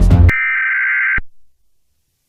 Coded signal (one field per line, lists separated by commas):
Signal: Emergency Alert System (SAME) tones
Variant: header bursts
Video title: EAS Scenario #49: Severe Solar Storm